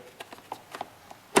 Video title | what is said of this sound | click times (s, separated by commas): BMC Air Filter Installation from SportbikeTrackGear.com | get it ready to dip in kind of hear it click in once you tighten this airbox up completely | 1.4 s